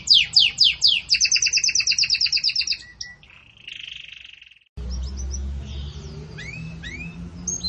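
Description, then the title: Belgian canary song: sharp high chirps, then a steady rolling trill for nearly two seconds and a short buzzy phrase, followed by a few faint chirps. Pure Belgian canary song in the "campainha" style, with pauses between phrases, intended for training birds. "Canto Canário Belga Campainha Puro Com Pausa Para Treinamento"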